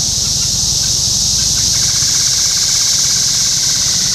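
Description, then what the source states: Cicada chorus continues as a steady shrill buzz while a rhythmic pulsing sound joins partway through. Topeka, Kansas, 14 June 2015.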